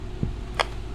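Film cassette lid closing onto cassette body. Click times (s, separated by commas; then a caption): 0.6 s. The lid of a 3D-printed plastic film cassette in a modular photo processor is closed onto the cassette body, leaving a little film sticking out. A soft low thump at about 0.2 s is followed by a sharp, bright click at 0.6 s as the cassette snaps shut and seats.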